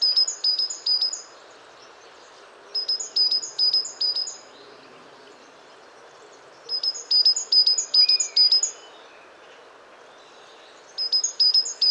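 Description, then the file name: Great tit song in repeated bursts of quick two-note 'teacher' phrases, each burst lasting about two seconds, separated by short pauses. "Parus major"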